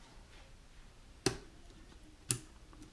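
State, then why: Seated. After a wrong first attempt, a computer part, likely a memory module, is lined up the right way and pushed into its slot on the motherboard during a PC build with a Corsair 750D tower, Maximus IX Code board and 9th-gen parts. Two sharp, loud clicks ring out at 1.3 s and 2.3 s over a quiet background, and the part is seated and locked in place.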